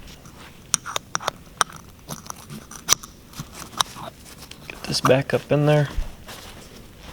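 While tuning the AFC on a 12-valve Cummins diesel injection pump, a sliding metal part is handled and pushed back up toward its groove in the pump housing, with several sharp taps and handling noises. Someone talks near the end. Nothing has seated or clicked into place yet.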